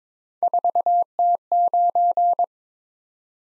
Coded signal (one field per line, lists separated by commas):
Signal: Morse code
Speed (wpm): 22 wpm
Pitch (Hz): 700 Hz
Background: none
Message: 4T9